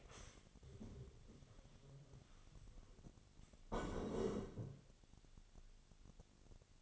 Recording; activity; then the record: daily activity, microphone in the room; stand up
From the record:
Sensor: 4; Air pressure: 1001.2 hPa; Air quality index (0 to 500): 182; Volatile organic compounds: 2 ppm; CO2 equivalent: 1308 ppm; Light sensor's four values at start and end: 14/31/13/13 and 14/31/13/13